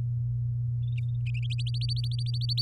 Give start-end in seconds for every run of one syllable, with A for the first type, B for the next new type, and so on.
1.50-2.62 A